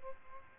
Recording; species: mosquito wingbeat signal from an infrared sensor; Aedes albopictus